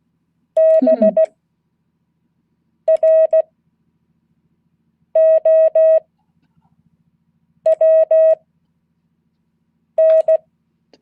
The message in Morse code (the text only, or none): BROWN